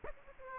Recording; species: mosquito wingbeat signal from an infrared sensor; Aedes aegypti